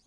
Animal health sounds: pig call; piglet (1 to 25 days)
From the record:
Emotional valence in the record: positive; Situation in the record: short reunion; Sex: male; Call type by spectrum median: high-frequency call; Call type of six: low-frequency tonal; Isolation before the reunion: 3 minutes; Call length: 0.07 s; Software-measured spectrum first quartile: 277 Hz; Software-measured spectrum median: 3349 Hz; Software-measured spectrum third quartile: 6053 Hz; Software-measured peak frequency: 226 Hz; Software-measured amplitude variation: 11 dB a second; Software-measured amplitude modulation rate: 7.2 a second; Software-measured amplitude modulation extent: 1.5 dB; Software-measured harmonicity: 4.4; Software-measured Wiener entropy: -1.72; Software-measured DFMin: 696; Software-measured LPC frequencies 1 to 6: 935, 2256, 3442, 4070, 4800, 6428 Hz

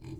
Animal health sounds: pig call; weaner (32 to 43 days)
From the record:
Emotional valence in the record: positive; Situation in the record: positive conditioning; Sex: female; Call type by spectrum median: low-frequency call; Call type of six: low-frequency stable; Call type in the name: low-frequency stable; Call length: 0.20 s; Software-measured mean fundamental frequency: 42 Hz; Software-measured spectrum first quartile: 114 Hz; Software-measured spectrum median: 227 Hz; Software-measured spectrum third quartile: 433 Hz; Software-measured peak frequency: 112 Hz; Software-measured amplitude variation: 141 dB a second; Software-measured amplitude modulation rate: 22.5 a second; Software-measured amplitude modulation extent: 6.2 dB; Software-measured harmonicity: -2.4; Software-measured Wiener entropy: 0.33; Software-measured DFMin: 738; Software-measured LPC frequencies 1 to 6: 294, 2362, 3321, 4155, 4829, 6042 Hz

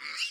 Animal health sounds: pig call; piglet (1 to 25 days)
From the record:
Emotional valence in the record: positive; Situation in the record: reunion after long isolation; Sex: female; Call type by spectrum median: high-frequency call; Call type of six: low-frequency tonal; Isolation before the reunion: 8 minutes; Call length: 0.30 s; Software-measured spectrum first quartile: 2537 Hz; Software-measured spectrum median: 3385 Hz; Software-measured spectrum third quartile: 5026 Hz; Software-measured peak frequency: 2788 Hz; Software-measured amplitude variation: 127 dB a second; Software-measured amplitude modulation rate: 16.4 a second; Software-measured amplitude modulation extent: 7.7 dB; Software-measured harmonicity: 3.2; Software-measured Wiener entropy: -2.26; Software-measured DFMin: 792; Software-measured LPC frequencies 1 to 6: 1308, 2102, 2795, 4250, 4791, 5315 Hz

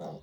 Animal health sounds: pig call; piglet (1 to 25 days)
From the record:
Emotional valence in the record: negative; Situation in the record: short isolation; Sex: male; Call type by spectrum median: low-frequency call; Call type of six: low-frequency stable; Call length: 0.23 s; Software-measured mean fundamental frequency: 54 Hz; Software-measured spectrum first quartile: 232 Hz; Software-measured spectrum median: 480 Hz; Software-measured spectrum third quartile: 696 Hz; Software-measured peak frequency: 175 Hz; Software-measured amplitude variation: 107 dB a second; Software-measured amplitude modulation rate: 15.3 a second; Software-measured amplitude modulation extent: 7.0 dB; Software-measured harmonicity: 1.4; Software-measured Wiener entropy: -0.07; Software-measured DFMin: 1034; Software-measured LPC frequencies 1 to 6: 624, 3715, 4709, 5494, 6298, 7005 Hz

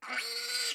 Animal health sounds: pig call; piglet (1 to 25 days)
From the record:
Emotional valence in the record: negative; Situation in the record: restrain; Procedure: in the arms of a person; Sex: female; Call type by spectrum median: high-frequency call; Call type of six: mixed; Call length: 0.75 s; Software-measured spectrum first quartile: 2026 Hz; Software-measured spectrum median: 3928 Hz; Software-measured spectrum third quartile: 5306 Hz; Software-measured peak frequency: 4400 Hz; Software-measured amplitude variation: 117 dB a second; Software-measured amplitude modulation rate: 18.0 a second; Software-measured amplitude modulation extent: 6.5 dB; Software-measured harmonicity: 2.1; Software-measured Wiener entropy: -1.63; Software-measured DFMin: 735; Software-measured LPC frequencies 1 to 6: 731, 1468, 2196, 2899, 4283, 4690 Hz

